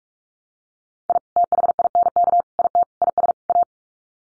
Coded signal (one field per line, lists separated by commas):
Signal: Morse code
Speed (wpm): 44 wpm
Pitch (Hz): 700 Hz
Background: none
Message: I THINK IT IS A